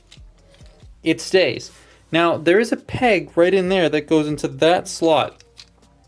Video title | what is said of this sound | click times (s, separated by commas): Making A Bad Toy Good?? - #transformers Gamer Edition Decepticon Soldier Review | but it doesn't lock there's no click I wish there was a click both knees do this | none